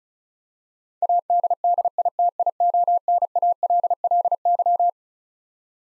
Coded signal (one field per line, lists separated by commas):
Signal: Morse code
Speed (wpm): 36 wpm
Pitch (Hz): 700 Hz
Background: none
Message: ADDITIONALLY